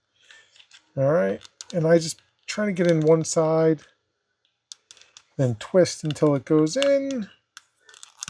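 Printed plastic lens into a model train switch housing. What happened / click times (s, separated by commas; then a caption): A small plastic part is being worked into place but has not yet seated / none. A 3D printed plastic lens is started on one side and twisted toward the lamp opening of a vintage toy train switch housing while someone talks. Brief, small handling clicks and taps come in the pauses near the end. Nothing has seated or clicked into place yet.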